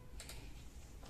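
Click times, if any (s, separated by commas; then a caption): 0.2 s. On a Cameo 4 cutting plotter, the pinch roller lock on the vinyl cutter's roller shaft is pressed and slid along the shaft to a narrower 8-inch media width. A small mechanical click is heard at 0.2 s, followed by a softer one at 0.3 s, over a steady low hum. The lock seats into position for 8-inch media.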